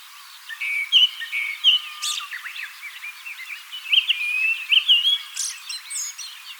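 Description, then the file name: Japanese thrush singing varied whistled phrases with short trills and chattering notes. "kurotugumi"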